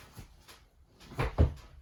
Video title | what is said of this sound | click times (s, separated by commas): 2024 FOREST RIVER WILDWOOD 31KQBTS STK# 13682 | once you got it lined up, it'll just uh pop into place. | 1.4 s